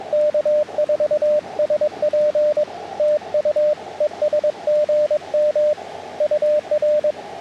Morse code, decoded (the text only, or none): K4SP TU ES GM UR